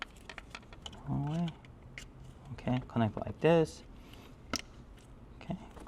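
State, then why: Seated. On a Porsche 997 911 GT3, the male and female plastic connectors of a Shiftpower Throttle Response Controller wiring harness are pushed together into the accelerator pedal connector, fitted to give the car more acceleration. Someone talks while light taps and handling noises sound, and a sharp click at 4.6 s confirms the connector is seated.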